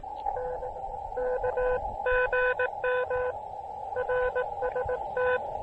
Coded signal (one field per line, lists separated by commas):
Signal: Morse code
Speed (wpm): 18 wpm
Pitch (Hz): 500 Hz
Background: none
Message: N KGM RST